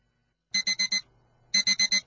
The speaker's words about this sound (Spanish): ¿Necesitas más alarmas para despertar?